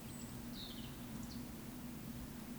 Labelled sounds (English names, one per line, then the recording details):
Eurasian Woodcock whistle
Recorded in Baden-Württemberg, Germany, on 14 May 2021 at 19:32 UTC
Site 25175, 602 m above sea level